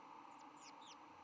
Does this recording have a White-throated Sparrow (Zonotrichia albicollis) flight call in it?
no